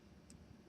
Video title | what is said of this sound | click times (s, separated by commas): DIY Simple Skirt Series No.2 - Gathered Skirt with Waistband | got like this little locking mechanism here you'd kind of hear it snap step | 0.3 s